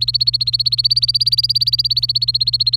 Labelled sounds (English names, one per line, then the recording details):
Domestic Canary song
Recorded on 27 April 2018 at 16:07
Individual llb3